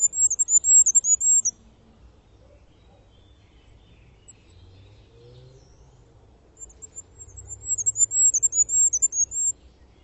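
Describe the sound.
Bird calling in very high, thin chirps strung into a quick, wavering series, one burst at the start and another near the end, with quiet between.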